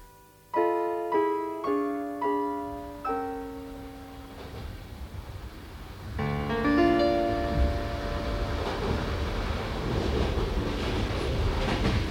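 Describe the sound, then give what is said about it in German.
Four descending chime tones ring out and fade, then the steady rumbling of a train approaching the station in Weimar rises and carries on, a continuous mechanical roar with faint tonal whines and no voices. “Kurz bevor der Zug den Bahnhof erreicht, zieht draußen vor dem Abteilfenster ein Turm vorbei.”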